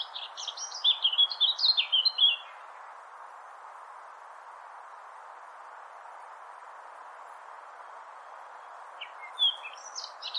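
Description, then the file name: Eurasian blackcap song with a quick warbled phrase of chattering high notes, a long pause of hiss, then a brief new phrase starting at the end. "Sylvia atricapilla"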